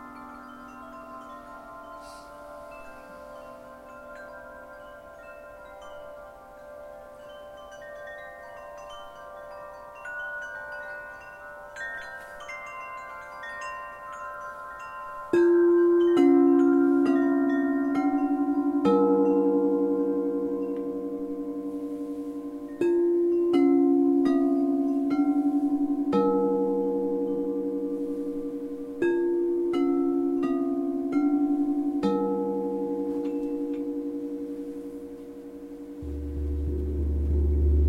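Crystal bowls ring in long overlapping tones, soft at first, then louder struck notes from about fifteen seconds, with a low hum near the end.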